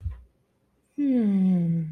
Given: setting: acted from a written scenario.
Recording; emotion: vocal sound without words; desire